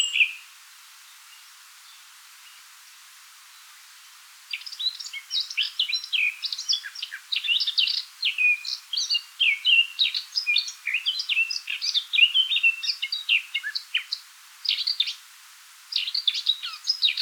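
Eurasian blackcap song: after a short note and a few quiet seconds, a long, rapid, varied warble of high scratchy and sweet notes runs on, pauses briefly, then resumes at the end.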